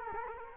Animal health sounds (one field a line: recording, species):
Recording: mosquito wingbeat signal from an infrared sensor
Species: Culex quinquefasciatus